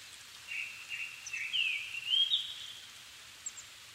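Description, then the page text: Japanese thrush song, a phrase of varied clear whistled notes, some slurred, over steady background hiss. 7 May 2011 at 17:59, evening; altitude 270 m; recorded with Sony PCM-D50 and Panasonic WM-61A microphone. "kurotugumi-20110507-1759. Turdus cardis [Sounds -Nikko Today-]"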